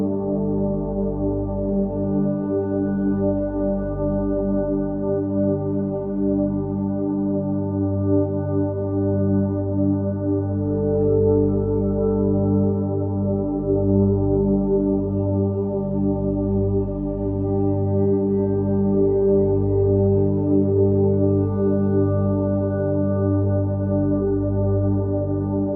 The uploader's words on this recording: It’s just a recording of a G pad, in order to have an audio file.